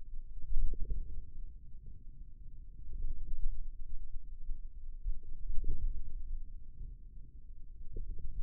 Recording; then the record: forearm muscle sounds (acoustic myography)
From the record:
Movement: ulnar deviation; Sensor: system 2, bracelet of six BSWA MPA416 microphones around the upper forearm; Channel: 3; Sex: male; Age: 22 years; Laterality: right